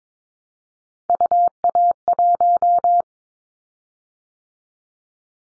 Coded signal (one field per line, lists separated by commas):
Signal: Morse code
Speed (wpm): 22 wpm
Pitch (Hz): 700 Hz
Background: none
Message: UA1